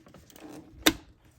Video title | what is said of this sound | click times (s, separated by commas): Installing the 65 OMEGA Turbo Kit on a MKV / A90 Toyota Supra | and this should also click into place | 0.9 s